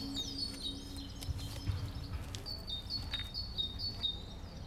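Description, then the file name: Birds chirping with quick high twittering notes and a few clear repeated phrases, over a low rumbling background noise. In a park. "Birds Chirping In The Park"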